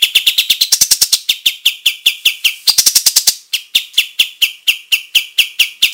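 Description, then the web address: Olive-winged bulbul song: brisk series of bright chip notes, twice broken by quick high-pitched trills, with a short pause before the even rhythm picks up again. Singing gacor, energetically and in full voice. "kapas-tembak suara-burung-kapas-tembak-gacor"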